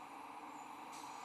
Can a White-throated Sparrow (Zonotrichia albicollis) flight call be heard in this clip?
no